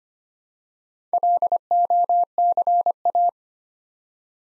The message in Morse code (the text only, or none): LOCA